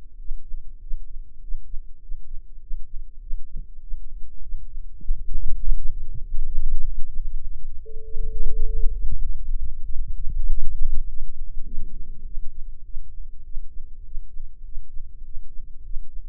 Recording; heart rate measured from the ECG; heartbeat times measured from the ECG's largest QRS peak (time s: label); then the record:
heart sounds by microphone in the right ear; 100 bpm
0.16 s: heartbeat
0.79 s: heartbeat
1.39 s: heartbeat
1.99 s: heartbeat
2.59 s: heartbeat
3.19 s: heartbeat
3.79 s: heartbeat
4.40 s: heartbeat
5.00 s: heartbeat
5.60 s: heartbeat
6.20 s: heartbeat
6.81 s: heartbeat
7.42 s: heartbeat
8.02 s: heartbeat
8.64 s: heartbeat
9.25 s: heartbeat
9.86 s: heartbeat
10.46 s: heartbeat
11.05 s: heartbeat
11.64 s: heartbeat
12.24 s: heartbeat
12.83 s: heartbeat
13.43 s: heartbeat
14.03 s: heartbeat
14.63 s: heartbeat
15.23 s: heartbeat
15.83 s: heartbeat
From the record:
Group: healthy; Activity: rest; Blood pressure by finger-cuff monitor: 103/68 mmHg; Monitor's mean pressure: 79 mmHg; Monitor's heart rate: 100 bpm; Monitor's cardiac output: 7.8 L/min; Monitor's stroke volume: 79 mL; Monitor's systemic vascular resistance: 720 dyn s/cm5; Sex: male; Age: 19 years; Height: 178 cm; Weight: 83 kg